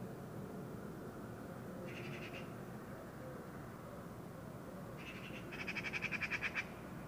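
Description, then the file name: Eurasian magpie giving a brief harsh rattle, then after a pause a longer, louder chattering burst near the end, over low background rumble. "Pica pica"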